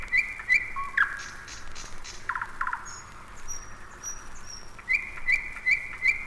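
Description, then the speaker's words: Nightingale singing clear whistled notes repeated in quick series, with short buzzy phrases and faint high calls between them. Night song on the bank of the Moskva River near Zvenigorod; stanzas are built from phrases, each starting after a pause with a characteristic opening phrase. "Послушайте ночное пение соловья на берегу Москвы-реки, недалеко от Звенигорода."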